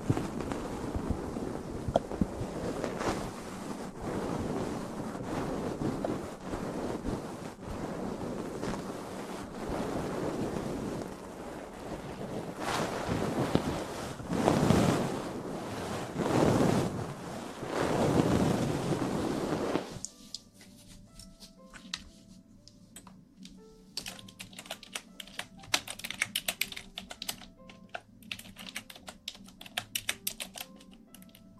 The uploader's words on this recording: ASMR Ear cleaning & Ear massage.